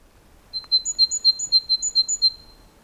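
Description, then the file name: Great tit calling with a quick series of many thin, high notes alternating between two pitches, over a quiet background. "Parus major"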